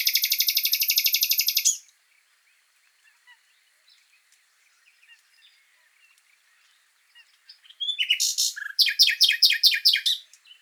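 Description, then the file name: Common nightingale song: a rapid rattling trill, a long near-silent pause with faint ticks, then a loud series of sharp repeated notes. "Luscinia megarhynchos"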